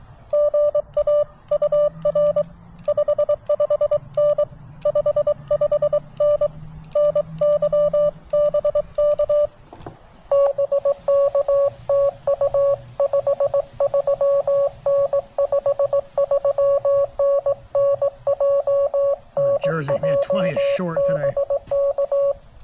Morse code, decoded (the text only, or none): GA UR 55N 55N NY BK BK TU 53N 53N NJ NJ BK